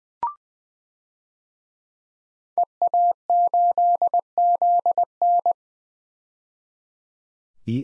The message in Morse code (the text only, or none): EA8ZN